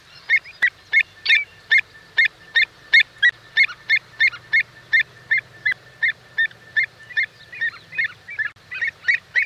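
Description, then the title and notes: Avocet calls: rapid, loud, piping notes in an almost continuous run, nearly three per second, with a faint low hum beneath. "Song of the Avocet (Wading bird)"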